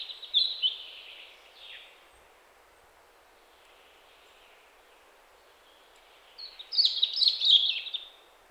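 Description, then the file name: European robin singing a high wavering phrase, a long pause with faint hiss, then a bright twittering trill near the end. "Erithacus rubecula"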